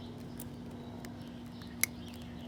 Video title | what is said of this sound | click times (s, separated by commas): 2020 low rider s cruise control install | and you hear that little click that's how you know it's in there | 1.8 s